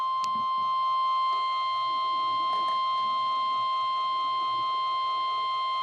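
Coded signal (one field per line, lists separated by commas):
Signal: Emergency Alert System (SAME) tones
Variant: 1050 Hz attention tone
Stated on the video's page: First alert received on a WR-100 weather radio.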